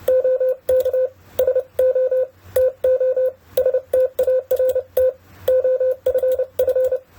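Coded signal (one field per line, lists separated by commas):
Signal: Morse code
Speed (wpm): 29 wpm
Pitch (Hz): 510 Hz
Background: none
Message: OK SO TO START OFF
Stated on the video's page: Morse sending test at 30 to 55 wpm keyed through a Winkeyer, checking error rate against speed; errors increase at higher speeds.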